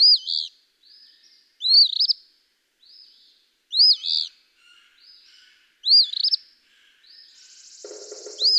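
Eastern phoebe singing: five buzzy, arched two-part phrases about two seconds apart, with softer lower twitters between and a rough low noise under the last phrase.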